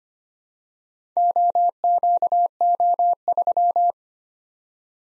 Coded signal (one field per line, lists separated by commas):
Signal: Morse code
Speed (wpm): 25 wpm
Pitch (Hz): 700 Hz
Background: none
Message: OQO3